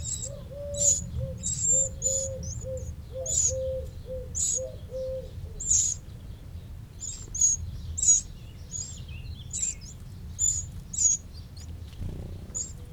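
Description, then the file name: Eurasian wren giving quick high-pitched notes in uneven bursts, while a lower note repeats in a short series early on; steady low rumble behind. "Troglodytes troglodytes"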